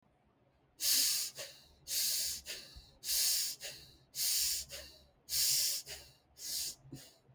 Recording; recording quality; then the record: shallow breathing; excellent, no background noise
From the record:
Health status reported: respiratory illness, not identified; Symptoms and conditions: asthma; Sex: female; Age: 69 years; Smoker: not ticked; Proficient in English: yes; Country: India